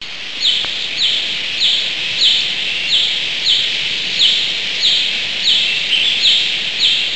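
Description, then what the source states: Hutton's vireo calling, a short bright note repeated steadily about every 0.6 seconds over a constant background hiss. Northwest California.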